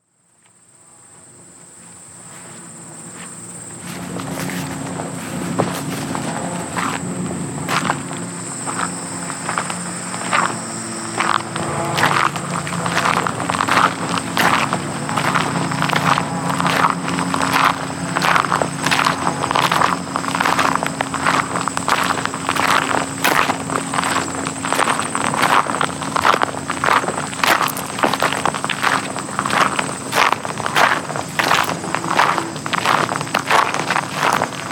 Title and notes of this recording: Walking on Gravel with Whispers of Grasshoppers. The crisp sounds of walking on gravel and whispers of grasshoppers from this mid-September trek through the Highland Trails